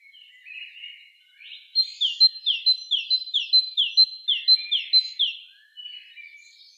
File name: Parus major